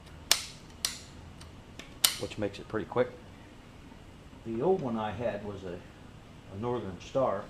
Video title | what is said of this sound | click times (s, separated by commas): Simpson Powershot PS3228 Gas Pressure Washer Review | quick change nozzles on the end of it just snap into place on and off which | 0.3 s, 0.8 s, 2.0 s